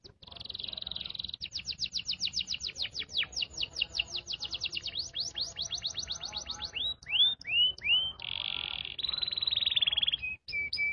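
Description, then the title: Canary singing a brief buzzy trill, a quick series of sharp downslurred notes, looping whistles and a rolling tour, with faint background noise. Canary song in the cengkok mewah style, a song pattern named in Indonesian. "Cengkok Kenari Mewah. Suara kenari cengkok mewah"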